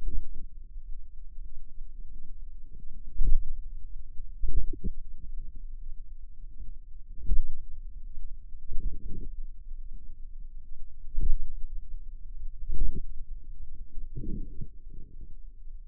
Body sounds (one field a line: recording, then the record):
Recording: forearm muscle sounds (acoustic myography)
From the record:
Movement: pen grasping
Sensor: system 2, bracelet of six BSWA MPA416 microphones around the upper forearm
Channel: 5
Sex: female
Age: 23 years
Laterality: right